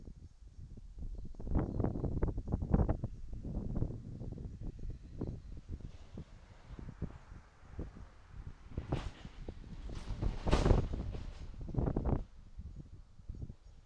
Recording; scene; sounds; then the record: everyday scene through a hearing-aid microphone; wind on the microphone; wind, traffic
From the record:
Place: in front of a rural house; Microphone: in the ear canal, right